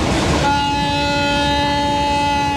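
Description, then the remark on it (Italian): Tito's train, running again through the country, rumbles along the tracks: a burst of broad rushing noise giving way to a steady, sustained chord of whistle-like tones over continuous low rattling and rumble, with no voices. “Da un anno il treno di Tito ha ripreso a sferragliare per il paese, o per quello che ne è rimasto.”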